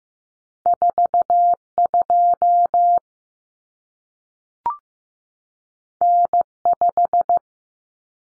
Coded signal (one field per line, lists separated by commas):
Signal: Morse code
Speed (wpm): 15 wpm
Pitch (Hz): 700 Hz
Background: none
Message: 42 N5